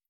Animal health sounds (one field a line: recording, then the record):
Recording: hydrophone in a shrimp aquaculture tank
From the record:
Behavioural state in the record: feeding